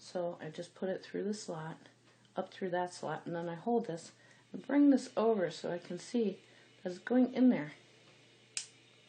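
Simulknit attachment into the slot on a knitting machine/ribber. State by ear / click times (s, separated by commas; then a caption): seated / 8.6 s. Someone talks while pushing the yarn feeder attachment for simulknit up through the slot on a domestic knitting machine or ribber. A single sharp click at 8.6 s marks the attachment seating in the slot.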